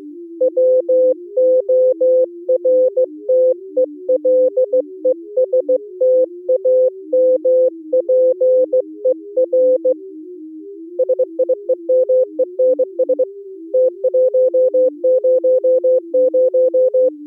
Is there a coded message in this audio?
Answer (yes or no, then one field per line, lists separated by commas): yes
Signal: Morse code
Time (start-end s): 0.4-17.1 s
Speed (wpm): 24 wpm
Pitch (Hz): 510 Hz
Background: music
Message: WORTELESTAMPER SIEMENS T100